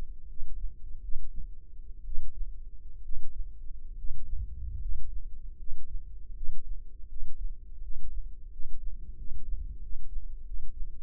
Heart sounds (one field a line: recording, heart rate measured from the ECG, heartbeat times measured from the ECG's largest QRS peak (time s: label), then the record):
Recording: heart sounds by microphone in the left ear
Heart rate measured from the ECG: 77 bpm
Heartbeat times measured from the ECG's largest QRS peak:
0.28 s: heartbeat
1.02 s: heartbeat
2.05 s: heartbeat
3.03 s: heartbeat
3.96 s: heartbeat
4.80 s: heartbeat
5.57 s: heartbeat
6.34 s: heartbeat
7.08 s: heartbeat
7.82 s: heartbeat
8.51 s: heartbeat
9.17 s: heartbeat
9.81 s: heartbeat
10.45 s: heartbeat
From the record:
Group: healthy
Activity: rest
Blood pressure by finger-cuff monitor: 127/67 mmHg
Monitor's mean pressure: 82 mmHg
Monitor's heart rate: 81 bpm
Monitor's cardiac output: 8.2 L/min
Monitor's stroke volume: 104 mL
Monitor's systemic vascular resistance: 730 dyn s/cm5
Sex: male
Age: 23 years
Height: 179 cm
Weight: 87 kg